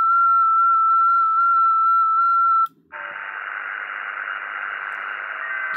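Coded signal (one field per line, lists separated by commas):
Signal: FT8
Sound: steady pure tone with faint pitch wobble for 2.6 seconds, brief silence, then hiss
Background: radio static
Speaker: I'm only doing like 4 watts. It takes you to USB digital.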